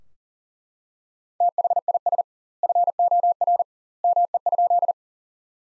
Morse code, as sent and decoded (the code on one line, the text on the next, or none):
- .... .. ... / ..-. --- .-. / -- . ..--..
THIS FOR ME?